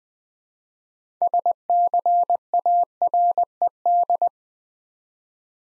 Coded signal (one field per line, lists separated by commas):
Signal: Morse code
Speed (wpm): 20 wpm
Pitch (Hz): 700 Hz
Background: none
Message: SCARED